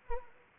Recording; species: mosquito wingbeat signal from an infrared sensor; Anopheles gambiae